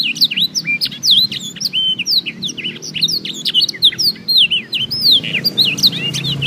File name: new obelix jr full blackthroat